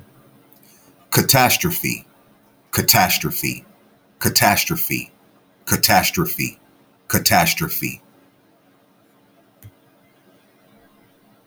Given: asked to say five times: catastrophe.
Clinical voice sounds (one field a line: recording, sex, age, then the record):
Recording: repeated word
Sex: male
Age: 40 to 49 years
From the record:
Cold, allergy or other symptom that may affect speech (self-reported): no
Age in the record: 45 years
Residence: Ohio, United States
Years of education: 13